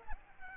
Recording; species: mosquito wingbeat signal from an infrared sensor; Culex pipiens